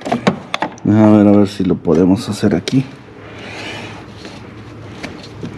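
While changing the thermostat on a 2015 Dodge Dart, a plastic coolant hose quick-connect fitting is handled at the thermostat housing, with a few short, sharp taps in the first 0.6 seconds. Someone talks, then a quieter rustling follows. The fitting has not clicked or seated yet.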